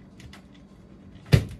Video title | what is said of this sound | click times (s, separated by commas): Installing Barrina LED Shop Lights and I Almost Shattered My iPhone 14pro | it should just snap right in. | 1.3 s